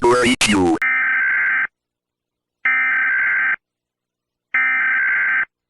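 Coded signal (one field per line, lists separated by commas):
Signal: Emergency Alert System (SAME) tones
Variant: header bursts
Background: speech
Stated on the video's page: Accidental EAS activation.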